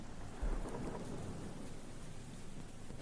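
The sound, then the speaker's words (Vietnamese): Heavy rain pours in a steady, dense hiss amid wind while a deep rumble of thunder rolls underneath, swelling briefly early on before settling into a continuous low growl. “Chạy trong mưa trong gió, bất chấp ở trên bầu trời, sấm sét mưa gió vẫn cứ nổ đùng đoàng, mây đen vẫn cứ vần vũ.”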